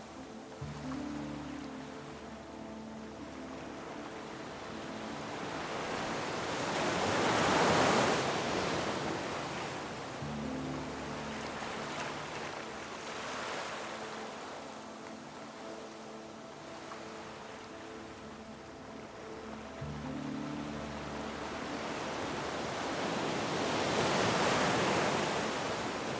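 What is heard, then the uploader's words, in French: Ocean waves roll in with a slow, swelling hiss that peaks around 8 and 24 seconds and eases between. Underneath, a soft low melody of sustained tones repeats roughly every ten seconds, entering near 1, 10 and 20 seconds. VAGUES Apaisantes et MELODIE Sereine. Le murmure des vagues et les harmonies douces se mêlent. Vagues apaisantes de l'océan.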